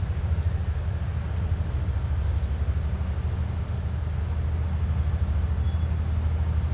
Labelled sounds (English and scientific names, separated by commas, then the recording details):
none
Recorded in dense forest near Puerto Asís, Putumayo, Colombia, on 20 December 2024 at 17:00
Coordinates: 0.468, -76.322
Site G071